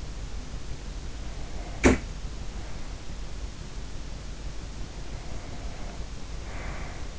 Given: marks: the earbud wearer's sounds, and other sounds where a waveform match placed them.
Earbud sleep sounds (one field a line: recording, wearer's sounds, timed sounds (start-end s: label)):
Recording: sounds in sleep by an in-ear microphone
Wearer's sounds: breath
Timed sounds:
1.15-2.89 s: breath
1.63-2.15 s: sound from someone else or the room
4.86-7.19 s: breath